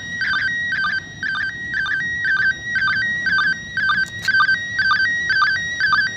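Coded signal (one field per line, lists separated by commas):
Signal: SSTV (slow-scan television)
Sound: warbling tone shifting between two pitches, with a short low chirp about twice a second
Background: radio static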